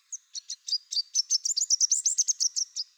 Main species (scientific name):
Basileuterus delattrii